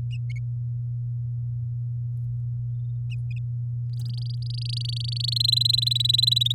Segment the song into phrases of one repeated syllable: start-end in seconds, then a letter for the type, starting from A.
3.93-5.38 A, 5.40-6.53 B